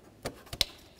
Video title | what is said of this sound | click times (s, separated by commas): How to Replace Headlights 2004-12 Volvo S40 | go ahead and take that wiring harness we're going to slide it right in and listen for a click there | 0.6 s